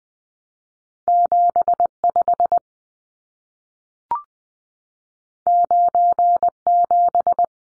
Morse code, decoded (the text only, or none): 75 97